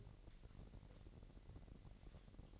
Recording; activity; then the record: daily activity, microphone in the room; take from stove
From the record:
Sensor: 4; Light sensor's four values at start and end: 30/70/29/29 and 30/70/29/29